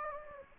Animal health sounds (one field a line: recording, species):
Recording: mosquito wingbeat signal from an infrared sensor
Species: Anopheles gambiae